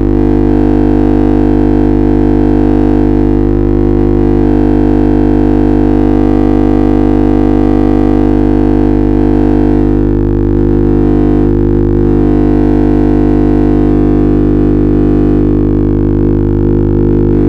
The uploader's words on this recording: Stochastic Timbre. Micro-timbres: oscillator x/y stochastic modulated by lossy integrators.